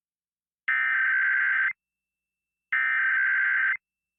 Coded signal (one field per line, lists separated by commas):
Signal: Emergency Alert System (SAME) tones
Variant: header bursts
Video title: Emergency Alert System: Education For Kids